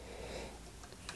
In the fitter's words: Donc là, c'est un peu plus délicat puisqu'elle va venir venir se clipser. Voilà, parfait.